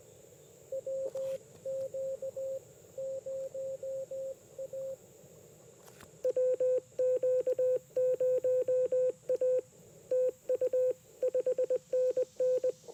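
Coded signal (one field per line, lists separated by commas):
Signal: Morse code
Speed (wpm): 20 wpm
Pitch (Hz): 500 Hz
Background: radio noise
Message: WQ0A WQ0A TU 5NN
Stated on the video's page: CW during a POTA park activation on a homebrew 20 m QRP transceiver with mini CW key and EFHW antenna.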